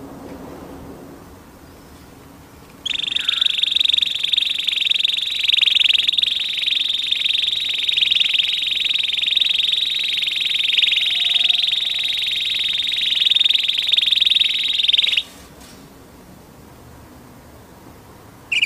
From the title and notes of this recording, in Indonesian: Kenari Oranye.